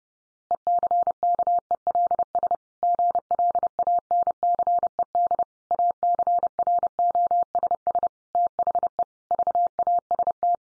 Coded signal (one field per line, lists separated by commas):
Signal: Morse code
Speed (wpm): 30 wpm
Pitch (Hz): 700 Hz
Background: none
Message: ECKELS GLANCED ACROSS THE VAST